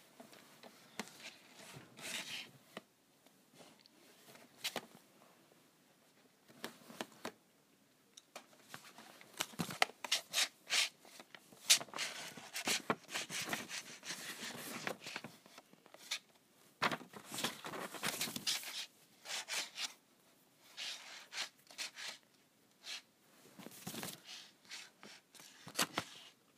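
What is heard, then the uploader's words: Someone scratches at a calculator in uneven bursts of dry, gritty scraping, some brief and some lasting a second or two. The strokes come irregularly across the whole clip, thickest around the middle and later on, with near-silent pauses in between. ASMR Scratching my Calculator.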